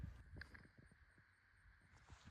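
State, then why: Torque reached. After the engine oil is refilled, the oil filler cap is screwed back onto the valve cover filler neck of a truck engine and turned a little past tight so it lines up. Its ratchet gives two short clicks at 0.4 s and 0.6 s over low background noise. The cap is torqued and seated.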